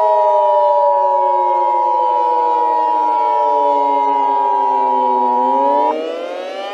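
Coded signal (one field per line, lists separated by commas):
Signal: Emergency Alert System (SAME) tones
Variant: 853 and 960 Hz attention tone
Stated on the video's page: Fictitious emergency alert scenario that may or may not contain valid EAS tones.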